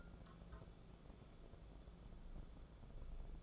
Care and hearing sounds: daily activity, microphone in the room; take from stove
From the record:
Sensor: 5

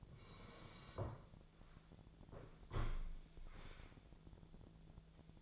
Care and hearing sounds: daily activity, microphone in the room; sit down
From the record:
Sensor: 5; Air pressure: 1000.5 hPa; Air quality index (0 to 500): 146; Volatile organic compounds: 2 ppm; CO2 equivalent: 1134 ppm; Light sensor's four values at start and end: 49/114/47/50 and 49/114/48/50

